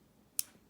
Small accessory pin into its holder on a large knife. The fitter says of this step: Yeah, it makes a little snap sound but not really that secure